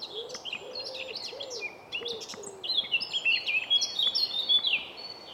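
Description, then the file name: Eurasian blackcap singing a rapid scratchy warble that breaks into bright, fluty whistled phrases, while a dove coos softly and repeatedly in the background at the start. "Sylvia atricapilla"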